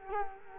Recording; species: mosquito wingbeat signal from an infrared sensor; Culex quinquefasciatus